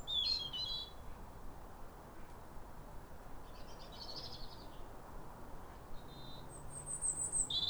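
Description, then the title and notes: European robin song in sparse snatches: a bright warbled phrase, a pause, then soft high notes and a final thin, piping phrase over quiet background rumble. Pair of robins in neighbouring gardens singing as a duet at a clear, calm, rosy sunrise around New Year, midwinter, after weeks of rain. "Sound Escape 150: Be uplifted by a chorus of New Year's robins. A pair of robins in neighbouring gardens welcome the early sun with wistful phrases as if chatting over the fence. BBC Countryfile Magazine. Recorded by Fergus Collins"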